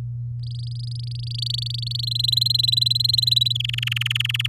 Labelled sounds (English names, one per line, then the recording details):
Domestic Canary song
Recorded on 10 May 2018 at 15:50
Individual llb16